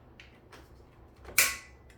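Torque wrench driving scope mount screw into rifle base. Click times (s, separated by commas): 1.4 s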